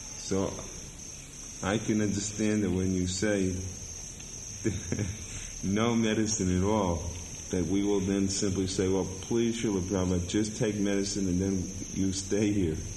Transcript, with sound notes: So I can understand that when you say, [laughs] "No medicine at all," that we will then simply say, "Well, please, Śrīla Prabhupāda, just take medicine and then you stay here,"